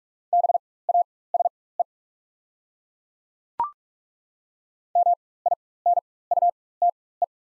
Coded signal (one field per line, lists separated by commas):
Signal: Morse code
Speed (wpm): 43 wpm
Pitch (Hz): 700 Hz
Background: none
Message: BASE MINUTE